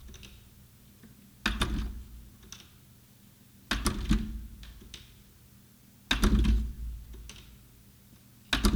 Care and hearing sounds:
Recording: daily activity, guitar pickup as the sensor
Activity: manipulate door

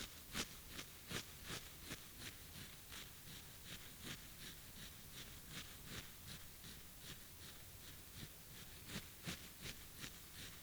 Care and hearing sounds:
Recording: daily activity, guitar pickup as the sensor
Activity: brush teeth

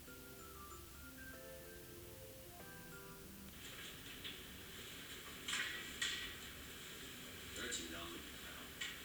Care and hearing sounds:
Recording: daily activity, guitar pickup as the sensor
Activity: browse video

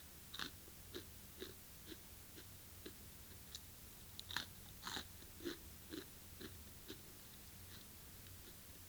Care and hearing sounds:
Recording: daily activity, guitar pickup as the sensor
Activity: eat

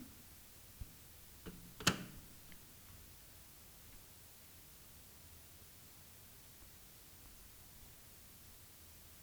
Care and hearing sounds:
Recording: daily activity, guitar pickup as the sensor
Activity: use microwave

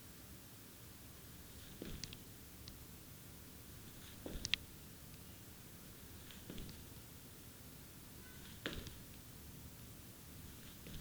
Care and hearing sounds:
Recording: daily activity, guitar pickup as the sensor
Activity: jump

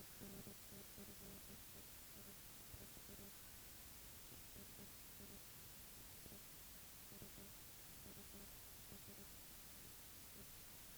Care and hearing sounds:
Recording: daily activity, guitar pickup as the sensor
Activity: stand

